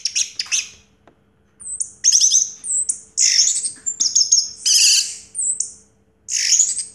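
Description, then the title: Orange-headed thrush song: rich high phrases mixing harsh, squeaky notes and clear whistles, delivered in separate bursts with brief silences. Call used to prompt a silent orange-headed thrush to sing. "Anis Merah Macet.. Pancing Dengan Suara Ini.. # Anis Merah"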